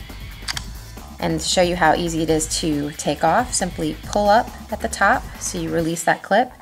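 The top clip of a plastic Surc phone case is closed over an iPhone 4, giving two quick, sharp clicks at 0.5 and 0.6 seconds as the clip seats. Afterward someone talks over background music.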